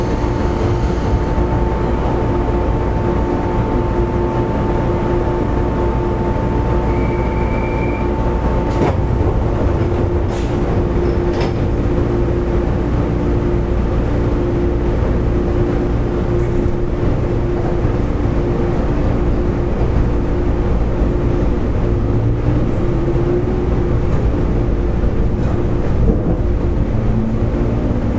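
A JR West 103 series train runs along the Hanwa Line with a steady, dense low rumble that hardly changes in level. A sustained motor whine hums underneath, with brief squeals and a few sharp clicks near nine, eleven and twenty-six seconds.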